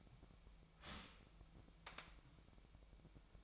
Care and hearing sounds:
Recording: daily activity, microphone in the room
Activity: start toaster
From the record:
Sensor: 1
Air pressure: 1002.0 hPa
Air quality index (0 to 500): 239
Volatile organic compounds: 43 ppm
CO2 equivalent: 3203 ppm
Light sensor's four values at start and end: 10/35/12/14 and 10/35/12/14

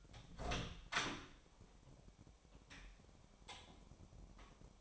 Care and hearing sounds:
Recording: daily activity, microphone in the room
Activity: open door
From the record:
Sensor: 1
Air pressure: 1007.3 hPa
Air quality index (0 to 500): 198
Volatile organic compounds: 19 ppm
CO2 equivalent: 2664 ppm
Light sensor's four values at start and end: 13/32/13/14 and 13/33/13/15

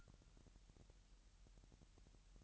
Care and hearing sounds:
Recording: daily activity, microphone in the room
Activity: take from stove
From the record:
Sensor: 3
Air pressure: 1002.0 hPa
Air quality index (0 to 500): 249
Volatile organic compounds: 51 ppm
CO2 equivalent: 3305 ppm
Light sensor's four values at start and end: 7/15/6/6 and 7/15/6/6

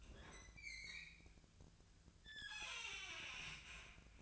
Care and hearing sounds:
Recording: daily activity, microphone in the room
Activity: open fridge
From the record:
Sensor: 2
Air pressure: 1009.5 hPa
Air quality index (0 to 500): 185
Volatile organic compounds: 11 ppm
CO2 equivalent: 2311 ppm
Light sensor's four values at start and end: 25/61/26/29 and 24/60/26/28

